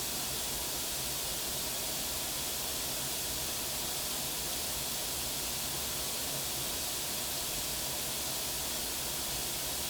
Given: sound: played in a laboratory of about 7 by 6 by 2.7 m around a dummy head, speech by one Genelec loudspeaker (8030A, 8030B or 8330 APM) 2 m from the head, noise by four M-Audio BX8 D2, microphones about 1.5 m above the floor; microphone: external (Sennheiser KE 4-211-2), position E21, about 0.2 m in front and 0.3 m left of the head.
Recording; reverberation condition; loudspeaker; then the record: white noise; low; four, about 170 cm from the corners of the room and facing them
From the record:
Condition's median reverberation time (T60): about 310 ms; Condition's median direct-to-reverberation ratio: about 3.5 dB